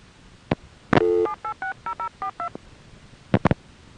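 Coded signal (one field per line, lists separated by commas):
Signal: DTMF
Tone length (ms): 100 ms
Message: 7860042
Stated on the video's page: Telephone signalling tones from a #5 Crossbar exchange in Van Nuys, recorded on tape.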